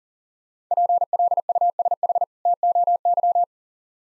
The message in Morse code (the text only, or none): PLUSH TOY